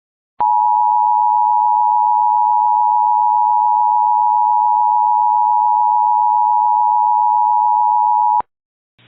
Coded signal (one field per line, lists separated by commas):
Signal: Emergency Alert System (SAME) tones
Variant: 853 and 960 Hz attention tone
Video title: EAS Remake: Its getting very dangerous outhere!